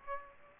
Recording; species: mosquito wingbeat signal from an infrared sensor; Aedes aegypti